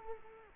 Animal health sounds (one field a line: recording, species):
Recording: mosquito wingbeat signal from an infrared sensor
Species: Culex quinquefasciatus